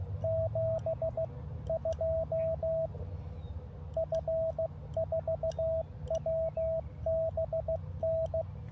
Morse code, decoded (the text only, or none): 72 F4WBN